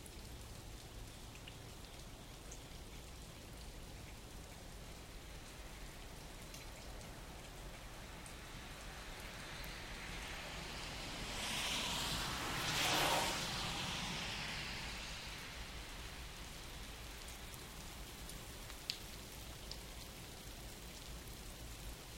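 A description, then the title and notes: Steady morning rain patters evenly throughout, a dense hiss of drops on surfaces. Around the middle, a car approaches, swells to a brief rushing peak near thirteen seconds, and fades away. A single sharp tick stands out late in the clip. I woke up early to the sound of rain and just parked my microphones by my front door and went back to bed.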